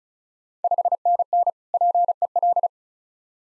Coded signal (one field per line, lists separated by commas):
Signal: Morse code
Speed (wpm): 36 wpm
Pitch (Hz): 700 Hz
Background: none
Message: 5NN PEL